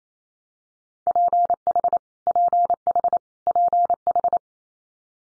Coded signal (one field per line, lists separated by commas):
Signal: Morse code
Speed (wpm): 28 wpm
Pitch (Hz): 700 Hz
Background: none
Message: PH PH PH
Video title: Multi-letter Phonemes Repeated 3x 28wpm